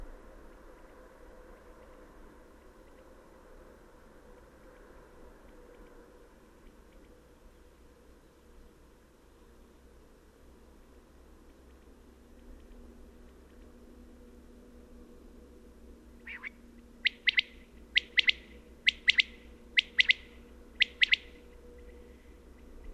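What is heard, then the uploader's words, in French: A common quail calls, but only late: after about sixteen quiet seconds, a quick, regular run of sharp, bright notes sounds until around 21 seconds. A steady low rumble and faint hum fill the background throughout. Observation sonore - La Caille des blés. La Caille des blés (Coturnix coturnix)encore commune au col bayard au-dessus de Gap et qui chante activement au lever du jour c'est à dire vers 5h00 du matin.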